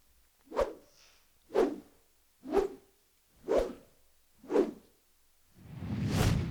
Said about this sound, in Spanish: Estos son los sonidos de lo que son los barridos, ¿no? Estos sonidos hiperrealistas, ¿no? Que cruzan, son como que sonidos que cortan el aire.